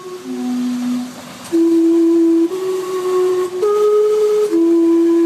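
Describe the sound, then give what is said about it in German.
The steam-powered clock tower in Gastown, Vancouver, sounds its whistles in a tune of long, loud, sustained tones, each held about a second, stepping up and down in pitch like a chime melody, with breathy steam hiss underneath. “Gastown mit seinem dampfbetriebenen Uhrenturm”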